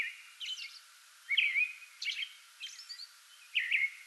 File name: 2022-05-08 American Robin pre-dawn singing from small tree in front yard